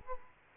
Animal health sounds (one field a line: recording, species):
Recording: mosquito wingbeat signal from an infrared sensor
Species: Culex quinquefasciatus